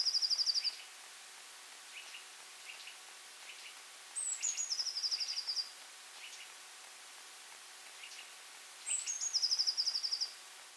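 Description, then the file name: Eurasian blue tit: high thin notes sliding down into a fast buzzy trill, heard three times, with softer short notes between. "Cyanistes caeruleus"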